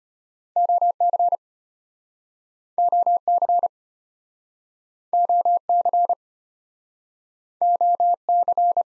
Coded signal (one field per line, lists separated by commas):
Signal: Morse code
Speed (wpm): 36 wpm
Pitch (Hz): 700 Hz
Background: none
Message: OC OC OC OC